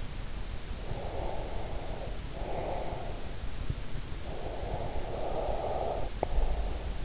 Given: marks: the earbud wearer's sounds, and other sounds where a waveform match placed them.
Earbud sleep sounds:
sounds in sleep by an in-ear microphone; breath
0.54-3.38 s: breath
4.15-7.05 s: breath

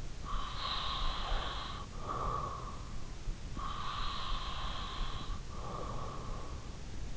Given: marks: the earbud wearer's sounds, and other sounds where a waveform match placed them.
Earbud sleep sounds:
sounds in sleep by an in-ear microphone; breath
0.00-2.96 s: breath
3.59-6.74 s: breath

